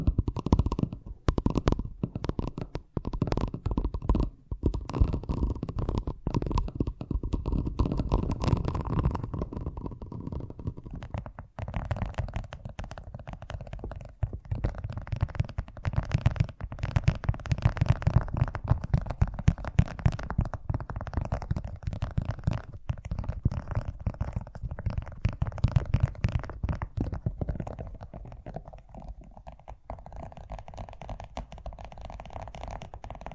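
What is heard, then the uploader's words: Fast tapping runs throughout in dense, rapid clicks over a low rumbling bed. The first ten seconds are harsher and brighter, with sharp bursts. After that the taps settle into a steadier, softer rattle that grows quieter over the last few seconds. ASMR Braingasm Inducing Fast Tapping (No Talking).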